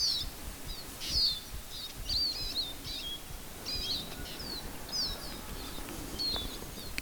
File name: Albert Lastukhin - Eurasian Siskin (Spinus spinus)